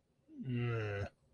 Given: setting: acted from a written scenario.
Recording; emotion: vocal sound without words; guilt